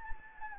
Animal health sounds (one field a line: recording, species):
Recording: mosquito wingbeat signal from an infrared sensor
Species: Anopheles gambiae